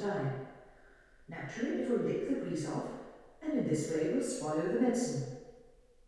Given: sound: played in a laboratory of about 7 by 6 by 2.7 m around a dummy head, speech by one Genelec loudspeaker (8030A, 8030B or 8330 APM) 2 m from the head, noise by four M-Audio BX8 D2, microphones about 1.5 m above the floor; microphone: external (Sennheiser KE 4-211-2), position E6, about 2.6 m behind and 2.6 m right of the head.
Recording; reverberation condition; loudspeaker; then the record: female speech in English; high; 120 degrees to the left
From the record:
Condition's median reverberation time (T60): about 1300 ms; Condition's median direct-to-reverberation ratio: about -4.0 dB